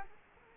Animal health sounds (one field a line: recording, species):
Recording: mosquito wingbeat signal from an infrared sensor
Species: Culex quinquefasciatus